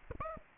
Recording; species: mosquito wingbeat signal from an infrared sensor; Aedes aegypti